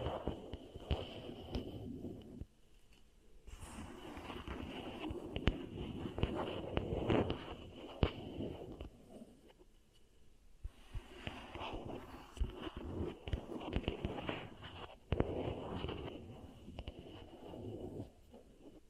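Beeswax is pressed and worked against an ear microphone, giving dense, sticky crackling and muffled rubbing in long bursts, with short pauses near 3 and 10 seconds. Sharp pops and clicks sit in the texture, and a faint thin whine runs steadily underneath.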